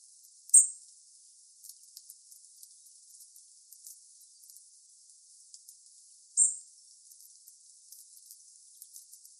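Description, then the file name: European robin call: a single high, thin, brief note, then a second identical note nearly six seconds later over a quiet hissy background. "Erithacus rubecula"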